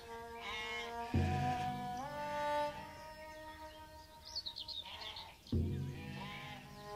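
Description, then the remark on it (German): A flock of sheep being driven onward bleat in long, wavering calls, two loud cries standing out above a steady run of overlapping bleats, with a fainter higher chirping in the middle. “Die Schafe müssen nie eine Entscheidung fällen.”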